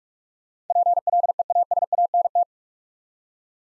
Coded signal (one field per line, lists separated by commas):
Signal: Morse code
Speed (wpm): 44 wpm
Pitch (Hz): 700 Hz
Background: none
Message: PLEASANT